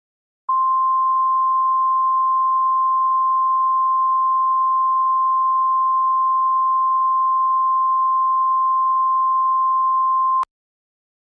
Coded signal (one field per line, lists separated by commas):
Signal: Emergency Alert System (SAME) tones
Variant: 1050 Hz attention tone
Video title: EAS Severe Thunderstorm Warning (Boyd, KY, Lawrence, KY and OH, Cabell, WV, and Wayne, WV Counties)